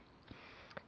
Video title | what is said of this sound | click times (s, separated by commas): How to install ram in a small form factor Computer | press down on the ram until you hear it snap like that | 0.8 s